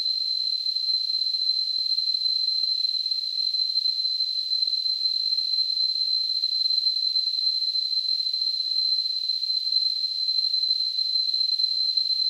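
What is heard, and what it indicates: A steady, high-pitched ringing tone sits inside a soft band of hiss and holds unchanged in pitch and loudness for about 12 seconds. This simulates tinnitus, the phantom ringing or hissing sound some people perceive in their ears.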